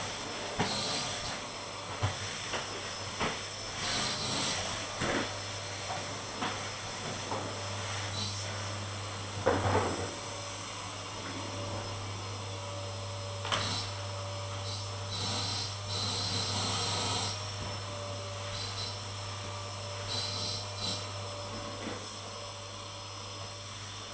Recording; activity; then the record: daily activity, microphone in the room; vacuum cleaning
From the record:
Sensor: 4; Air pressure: 989.5 hPa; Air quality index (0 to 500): 216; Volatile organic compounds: 67 ppm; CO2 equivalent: 3493 ppm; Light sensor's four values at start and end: 25/90/33/35 and 26/91/33/35